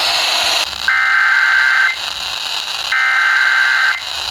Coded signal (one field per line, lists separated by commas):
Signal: Emergency Alert System (SAME) tones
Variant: header bursts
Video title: More Slight Risk Alerts from Sandhills EAS Alerts from 8/21/2026 (EAS #1358-1386)